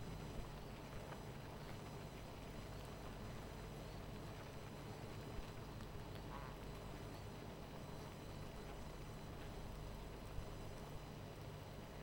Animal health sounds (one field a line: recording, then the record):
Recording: honeybee colony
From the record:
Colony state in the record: missing queen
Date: 14 July 2017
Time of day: 18:50